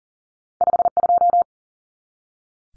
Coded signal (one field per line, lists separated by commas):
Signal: Morse code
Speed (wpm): 37 wpm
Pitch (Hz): 700 Hz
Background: none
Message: 52